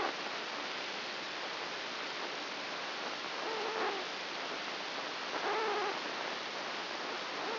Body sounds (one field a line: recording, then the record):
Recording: brain microelectrode recording played as sound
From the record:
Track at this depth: inside the subthalamic nucleus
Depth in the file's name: 3.602 mm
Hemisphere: right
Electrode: 2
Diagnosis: Parkinson's disease